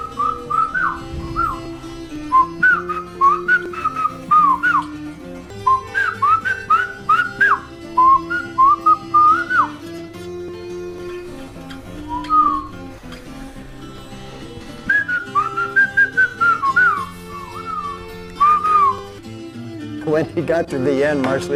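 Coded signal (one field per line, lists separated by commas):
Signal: whistled language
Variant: Mazatec whistled speech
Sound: phrases of short gliding whistled notes around 1 kHz, like speech melody, with pauses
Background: low background hum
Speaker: este experimento se trata de evidenciar el uso cotidiano del lenguaje silbado mientras un hablante le da instrucciones a otro de cómo llegar a un lugar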